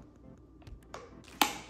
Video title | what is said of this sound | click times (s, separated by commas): Is it Worth it?? Dyson Supersonic HONEST Review & Unboxing - Red and Nickel Limited Gift Edition | Yeah, listen for this click. | 1.4 s